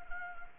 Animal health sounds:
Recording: mosquito wingbeat signal from an infrared sensor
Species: Anopheles arabiensis

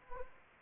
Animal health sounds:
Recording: mosquito wingbeat signal from an infrared sensor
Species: Anopheles arabiensis

